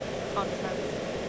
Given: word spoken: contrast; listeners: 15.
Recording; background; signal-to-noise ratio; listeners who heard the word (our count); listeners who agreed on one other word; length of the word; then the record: one English word in noise, from a listening test; speech-shaped noise; -5.6 dB; 1 of 15; 7 of 15; 0.90 s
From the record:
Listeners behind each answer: 7, 5, 1, 1, 1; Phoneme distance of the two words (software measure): 17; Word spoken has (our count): 2 syllables, 8 phonemes, stress on syllable 1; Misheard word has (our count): 2 syllables, 7 phonemes, stress on syllable 2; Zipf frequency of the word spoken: 4.13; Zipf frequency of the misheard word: 4.72